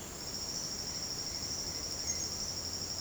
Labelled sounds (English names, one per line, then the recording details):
none
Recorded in secondary vegetation near Puerto Asís, Putumayo, Colombia, on 30 June 2025 at 08:00
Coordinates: 0.500, -76.326
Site GP08